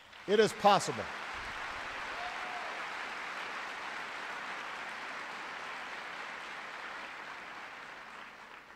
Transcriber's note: applause